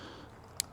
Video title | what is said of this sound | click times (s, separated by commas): The ROXON SPARK multitool. Is this the multitool for campers, hikers, and outdoor enthusiasts! | the screwdriver everything will lock open and just press this up and then bam you can close them | 0.6 s